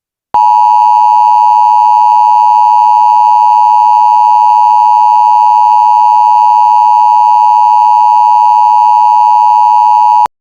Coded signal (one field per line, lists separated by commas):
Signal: Emergency Alert System (SAME) tones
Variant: 853 and 960 Hz attention tone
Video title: EAS Mock Tornado Watch For New Orleans 1/24/23